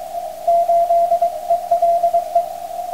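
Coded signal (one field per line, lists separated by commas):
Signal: Morse code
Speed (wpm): 23 wpm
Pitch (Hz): 680 Hz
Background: none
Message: 8ELE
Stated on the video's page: 50 MHz CW contact with Adelaide, Australia, during a wide South Pacific band opening.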